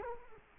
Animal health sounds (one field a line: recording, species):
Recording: mosquito wingbeat signal from an infrared sensor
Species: Culex quinquefasciatus